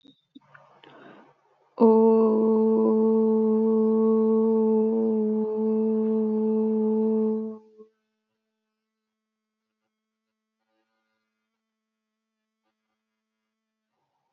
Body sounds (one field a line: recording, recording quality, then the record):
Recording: sustained vowel as in boot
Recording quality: excellent, no background noise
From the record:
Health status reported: respiratory illness, not identified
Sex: female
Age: 22 years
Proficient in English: yes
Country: India